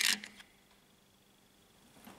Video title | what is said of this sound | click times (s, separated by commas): How to clean a fiber optic connector | push the outer shell of the cleaner until you hear a click | 0.1 s